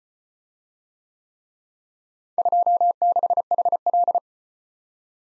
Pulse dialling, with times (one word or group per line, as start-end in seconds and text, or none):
none